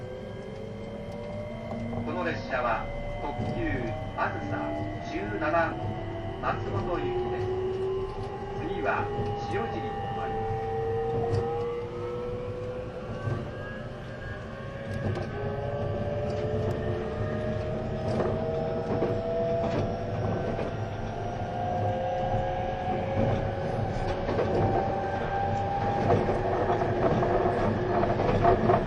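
A train running, its wheels and motor making a steady low rumble throughout. Rising whining tones climb slowly across the clip as the train speeds up, with clicks and clatters scattered through. Voices murmur faintly in the background.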